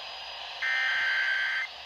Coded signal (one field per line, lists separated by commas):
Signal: Emergency Alert System (SAME) tones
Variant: header bursts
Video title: EAS#145 Severe Thunderstorm Warning